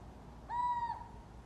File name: athene noctua